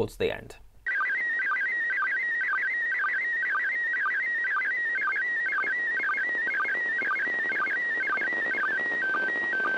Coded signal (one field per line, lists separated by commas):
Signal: SSTV (slow-scan television)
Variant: PD 120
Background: speech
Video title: Pictures From Space, The Easy Way!